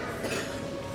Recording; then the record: coughing mixed with background sound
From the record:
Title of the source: 60 coughing still (deep and wet cough)